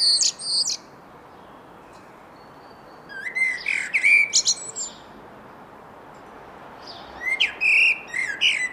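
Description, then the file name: Common blackbird song: a thin, squeaky high fragment, then two mellow fluted phrases, each warbling low then breaking into thin, squeaky high twitters, separated by pauses with faint background hiss. "Turdus merula"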